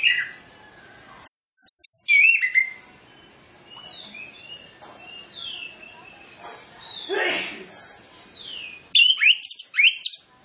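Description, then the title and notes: Orange-headed Thrush song: loud sweeping whistles, softer slurred notes in the middle, and a final rush of sharp high notes. Lure track for Orange-headed Thrush, full of fill-in phrases, meant to prompt birds to sing fully and quickly. "Masteran Anis Kembang Full Isian Untuk Suara Pancingan Anis Kembang Agar Cepat Ngeplong. Suara Burung Anis Kembang"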